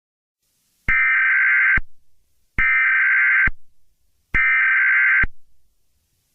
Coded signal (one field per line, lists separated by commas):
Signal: Emergency Alert System (SAME) tones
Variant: header bursts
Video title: EAS Scenario #3: The Werewolf Invasion. Part Two